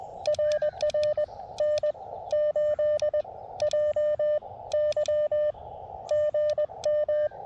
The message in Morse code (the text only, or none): RR N8JY GM